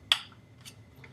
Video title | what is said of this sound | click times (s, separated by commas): Blade Chroma Drone - Detailed Review | hopefully you can hear that click | 0.1 s